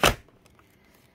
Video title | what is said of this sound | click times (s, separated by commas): Dyson DC07 In-Depth Retrospective Review - The First USA Dyson! | that just pops right in just like that so | 0.1 s